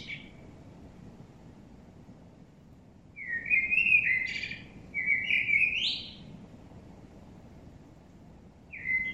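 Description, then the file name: Common blackbird delivering two separate song phrases, each a low fluted warble ending in a brief high squeak, with quiet gaps and steady low hiss between. "Turdus merula"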